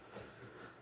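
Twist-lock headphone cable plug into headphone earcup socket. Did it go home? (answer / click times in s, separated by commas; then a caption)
no / none. A detachable twist-lock cable's pin plug is handled at the earcup socket of Sennheiser HD 559 headphones, where it is pushed in and twisted to lock. Only a short, soft low rumble of handling noise is heard. The plug has not seated or clicked into place yet.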